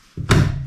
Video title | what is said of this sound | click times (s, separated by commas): Unboxing my First cargo trailer From #Pacycle | push it in until it clicks, | 0.3 s